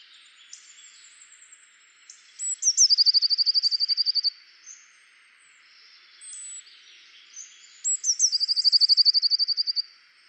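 Eurasian blue tit song: a thin high note that drops into a fast, even, tinkling trill, given twice about five seconds apart, with faint soft chips between.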